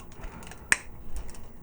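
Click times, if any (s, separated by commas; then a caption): 0.7 s. A plastic port on a Marvel Legends Build-A-Figure Sentinel body piece is pushed into the matching slot on the action figure's torso, with faint handling ticks before and after. It seats with a single sharp, bright click at 0.7 s.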